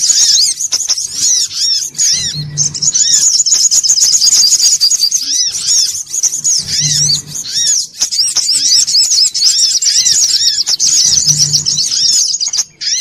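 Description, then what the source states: Little spiderhunter song: dense, fast, high chattering trills run almost without pause, with lower downslurred notes repeating beneath and brief low humming bursts every few seconds. Bird-training (masteran) song.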